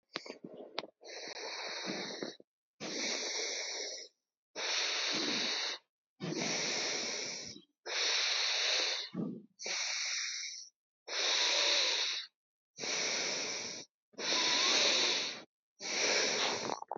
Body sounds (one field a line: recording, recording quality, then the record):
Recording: deep breathing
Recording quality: excellent, no background noise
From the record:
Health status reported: healthy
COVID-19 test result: not tested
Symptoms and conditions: none ticked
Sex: male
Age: 39 years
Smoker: not ticked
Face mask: worn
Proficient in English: yes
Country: India